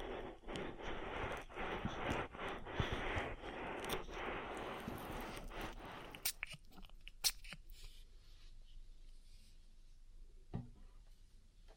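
Oil ear massage: dense wet rubbing and squelching fills the first six seconds, then thins to sparse clicks, taps and quieter rustles.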